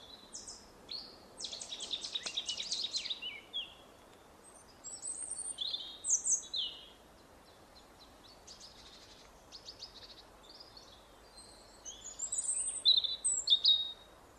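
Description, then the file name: European robin in a varied, high-pitched song: a dry buzzy trill, then liquid warbles and thin whistled notes in several separate phrases. "Erithacus rubecula"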